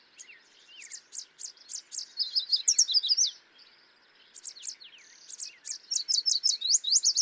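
Yellow warbler song: quick bursts of bright, high slurred notes, two loud phrases separated by a pause.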